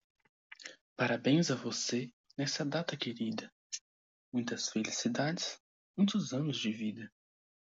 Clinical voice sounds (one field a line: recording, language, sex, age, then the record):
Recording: short text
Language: Brazilian Portuguese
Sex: male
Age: 18 to 19 years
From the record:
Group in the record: control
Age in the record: 19 years